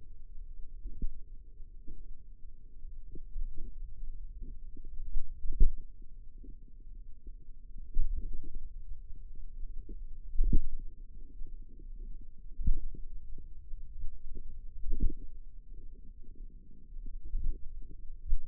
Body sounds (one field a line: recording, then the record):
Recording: forearm muscle sounds (acoustic myography)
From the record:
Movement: pen grasping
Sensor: system 2, bracelet of six BSWA MPA416 microphones around the upper forearm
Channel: 3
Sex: female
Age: 22 years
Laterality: right